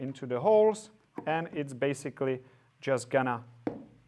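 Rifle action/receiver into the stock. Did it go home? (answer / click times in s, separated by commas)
yes / 3.7 s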